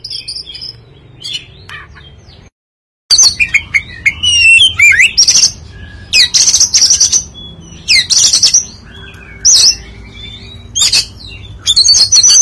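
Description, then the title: Oriental magpie-robin song: a rich jumble of high whistles, trills and harsh notes. It stops for half a second, then continues lively with a steady low hum underneath. "Kacer"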